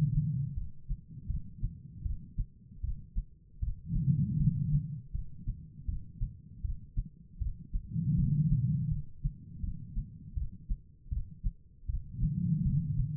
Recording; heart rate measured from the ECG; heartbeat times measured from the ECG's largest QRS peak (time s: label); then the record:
heart sounds by stethoscope; 79 bpm
0.55 s: heartbeat
1.27 s: heartbeat
2.03 s: heartbeat
2.82 s: heartbeat
3.60 s: heartbeat
4.38 s: heartbeat
5.12 s: heartbeat
5.86 s: heartbeat
6.62 s: heartbeat
7.39 s: heartbeat
8.16 s: heartbeat
8.89 s: heartbeat
9.61 s: heartbeat
10.35 s: heartbeat
11.10 s: heartbeat
11.87 s: heartbeat
12.63 s: heartbeat
From the record:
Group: healthy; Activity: rest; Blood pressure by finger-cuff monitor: 140/96 mmHg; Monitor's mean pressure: 116 mmHg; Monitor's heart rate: 80 bpm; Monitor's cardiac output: 4.7 L/min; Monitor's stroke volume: 59 mL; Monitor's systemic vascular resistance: 1820 dyn s/cm5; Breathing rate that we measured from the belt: 14 breaths a minute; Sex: female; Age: 51 years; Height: 162 cm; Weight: 70.04 kg